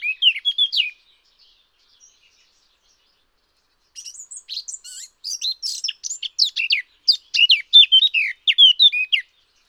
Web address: chant birdify. sylvia atricapilla